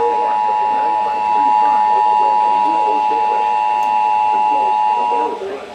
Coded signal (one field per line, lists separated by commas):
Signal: Emergency Alert System (SAME) tones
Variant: 853 and 960 Hz attention tone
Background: speech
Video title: Areal Flood Warning on 8 stations (1/10/24) EAS 2118-2126